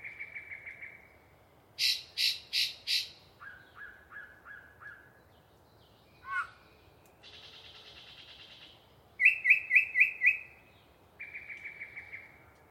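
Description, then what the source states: Yellow-breasted chat delivering a varied song: even trill, four loud harsh clucks, a run of lower whistles, a slurred note, a nasal buzz and a rapid high rattle. Long pre-dawn song by one very chatty bird in deciduous cover near the microphones.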